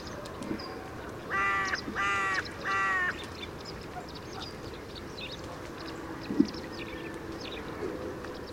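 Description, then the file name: Carrion crow calling three hoarse, rasping caws in quick succession early on, then quiet background with a single brief click. "Corvus corone"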